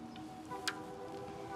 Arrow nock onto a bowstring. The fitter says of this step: did you hear a click I heard a click yeah